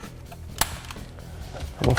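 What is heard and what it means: During a 10.1-inch Uconnect 5 infotainment install in a 2015-2023 Chrysler 300, the climate control harness connector is plugged into its control module and seats with a sharp click at 0.6 s. A burst of handling noise follows around 1.8 to 2.0 s.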